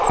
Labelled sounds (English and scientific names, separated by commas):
Grace's Warbler (Setophaga graciae) flight call